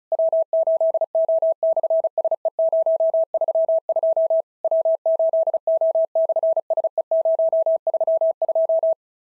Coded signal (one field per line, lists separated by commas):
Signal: Morse code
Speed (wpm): 33 wpm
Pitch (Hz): 650 Hz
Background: none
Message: W8O/SE032 W8O/SE032